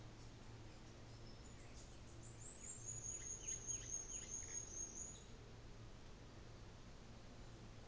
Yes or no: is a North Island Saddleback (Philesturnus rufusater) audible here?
no